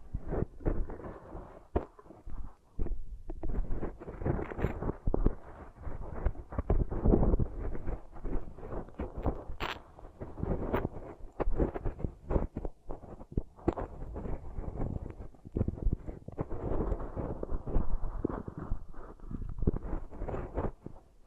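Beeswax is squished and kneaded over the microphone in a steady, dense run of sticky crackles and soft squelches. Deep muffled thumps sit underneath throughout, and a few sharper snaps stand out, one especially bright near the ten-second mark.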